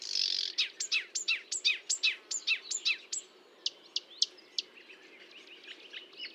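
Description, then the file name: Marsh warbler song: a buzzy start, then a rapid string of loud downslurred chirps, followed by softer scattered ticks. Recorded 1 June 2022 at 10:55 at Fontaine-Française (Fourneau), with a Nagra recorder and Telinga parabolic microphone. "Rousserolle verderolle 1055 Fontaine-Francaise-Fourneau"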